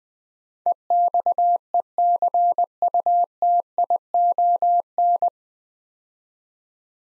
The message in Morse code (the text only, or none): EXECUTION